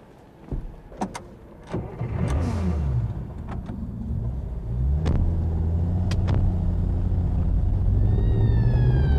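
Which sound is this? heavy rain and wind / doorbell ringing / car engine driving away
car engine driving away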